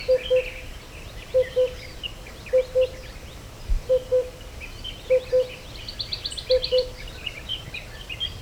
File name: Oriental Cuckoo Cuculus optatus